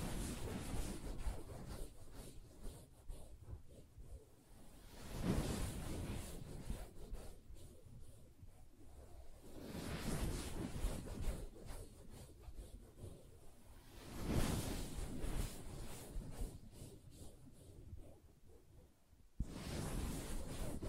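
Fingers scratch and rub across a soft fabric surface, with a low, muffled scuffing running throughout. Brighter, swishing strokes stand out every few seconds, around 5, 8, 10, 14 and 20 seconds, between quieter stretches of gentle, irregular rustling.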